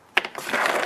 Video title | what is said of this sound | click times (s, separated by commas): 2007 H 3 Hummer | and it locks in place | 0.2 s